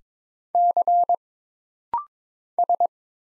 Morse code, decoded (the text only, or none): C S